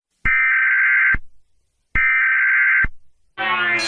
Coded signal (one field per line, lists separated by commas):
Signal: Emergency Alert System (SAME) tones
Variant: header bursts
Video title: Rating EAS alarms (part 6) #memes #shorts